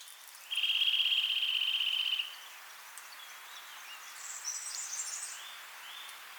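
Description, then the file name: Eurasian nuthatch giving one fast, steady trill of many rapid high notes lasting under two seconds, followed by faint, softer high chirps in the background. "Sitta europaea"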